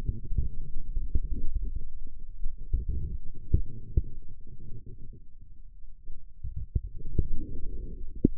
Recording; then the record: forearm muscle sounds (acoustic myography)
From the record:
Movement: radial deviation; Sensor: system 2, bracelet of six BSWA MPA416 microphones around the upper forearm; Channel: 6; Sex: male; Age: 22 years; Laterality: right